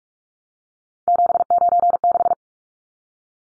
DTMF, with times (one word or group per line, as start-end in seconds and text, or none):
none